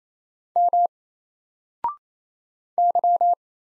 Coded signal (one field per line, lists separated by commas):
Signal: Morse code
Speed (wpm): 27 wpm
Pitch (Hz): 700 Hz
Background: none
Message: M Y